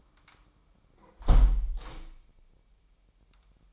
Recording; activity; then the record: daily activity, microphone in the room; close window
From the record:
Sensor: 1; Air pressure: 998.6 hPa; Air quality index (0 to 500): 133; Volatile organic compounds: 4 ppm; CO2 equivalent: 1595 ppm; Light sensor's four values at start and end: 10/24/10/12 and 9/23/9/11